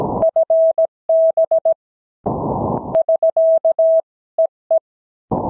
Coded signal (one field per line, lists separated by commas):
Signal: Morse code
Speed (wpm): 17 wpm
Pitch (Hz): 650 Hz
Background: none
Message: FB <SK> EE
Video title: CW Morse Code QSO's 02 May 2020 - Real QSO's